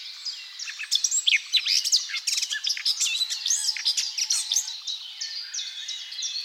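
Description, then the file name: Eurasian blackcap delivering a busy, tumbling warble of quick whistled and chirping notes. "Sylvia atricapilla"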